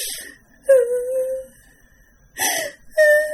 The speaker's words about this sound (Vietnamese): Mà cái tiếng khóc giống như là oan ức, quất ức, một cái gì đó thổn thức, cái gì đó vậy đó. Thì tự nhiên bạn đang làm mà có hai người đàn ông trong phòng mà lại nghe một cái tiếng khóc của một người phụ nữ.